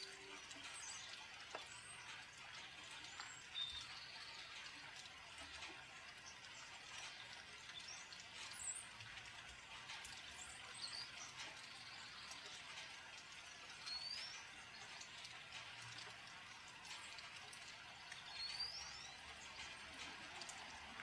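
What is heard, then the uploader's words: Steady rain falls throughout, a dense, bright hiss scattered with individual drop taps and small splashes. A few short, high bird chirps cut through faintly around the middle and near the end, while a soft low rumble sits underneath. Birds and Rain, sounds of Nature.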